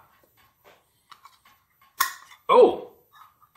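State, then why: Released. A ring pull is lifted on the metal lid of a sardine can, and the scored lid snaps open with a sharp pop at 2.0 s, leaving the lid released. Someone talks before and after the pop.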